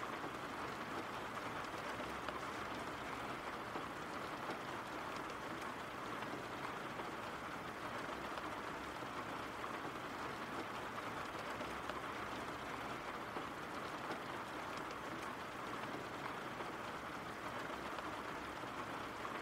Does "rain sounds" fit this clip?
yes